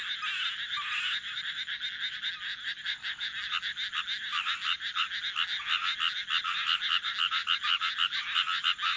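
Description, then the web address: Frog croaks in a fast train of rattling pulses, with no other sounds. Frogs described as rejoicing, posted 19 June 2026. "c soumei rengou. カエル喜ぶ"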